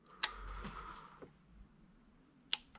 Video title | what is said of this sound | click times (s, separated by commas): JAK USZCZELNIĆ WTRYSKIWACZE 1.6 HDI TDCI. HOW TO SEAL INJECTORS 1.6 HDI TDCI. | już też kliknął ale Sprawdzamy jeszcze raz | 2.5 s